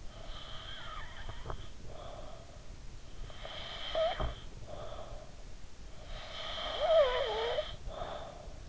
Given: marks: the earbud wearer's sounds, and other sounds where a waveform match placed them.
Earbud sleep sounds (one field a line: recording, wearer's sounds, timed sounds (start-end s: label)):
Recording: sounds in sleep by an in-ear microphone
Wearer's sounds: snoring breath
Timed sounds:
0.34-2.85 s: snoring breath
3.17-5.64 s: snoring breath
6.11-8.69 s: snoring breath